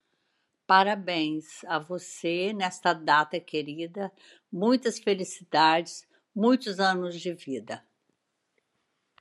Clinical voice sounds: short text; Brazilian Portuguese; female; 70 to 79 years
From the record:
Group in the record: control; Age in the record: 73 years

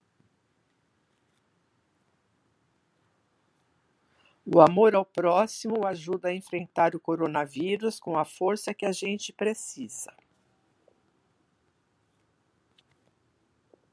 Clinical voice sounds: spoken sentence; Brazilian Portuguese; female; 70 to 79 years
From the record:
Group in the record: control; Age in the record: 73 years

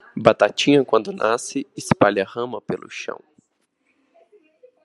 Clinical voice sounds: short text; Brazilian Portuguese; male; 30 to 39 years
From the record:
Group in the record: control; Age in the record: 32 years

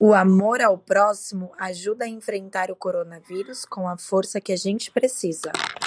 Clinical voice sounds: spoken sentence; Brazilian Portuguese; female; 30 to 39 years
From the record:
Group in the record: control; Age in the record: 35 years

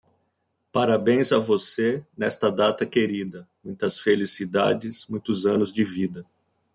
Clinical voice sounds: short text; Brazilian Portuguese; male; 40 to 49 years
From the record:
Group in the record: control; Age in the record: 47 years

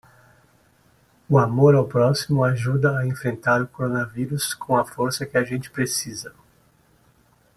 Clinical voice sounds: spoken sentence; Brazilian Portuguese; male; 40 to 49 years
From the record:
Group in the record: control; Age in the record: 49 years

